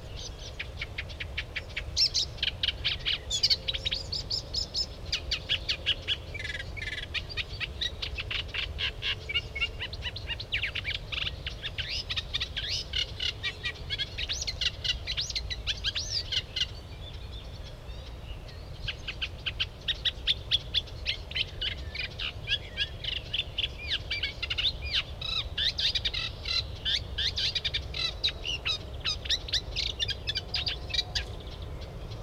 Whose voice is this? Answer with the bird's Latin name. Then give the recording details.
Acrocephalus scirpaceus. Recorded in the wild. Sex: male. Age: adult. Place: Wartenberger Luch, Berlin, DE. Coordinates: 52.5733, 13.5256. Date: 1990-05-28 20:48. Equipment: Uher 4400 Report Monitor, Sennheiser MKH 416 T. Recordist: Frommolt, Karl-Heinz. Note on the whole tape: Gesang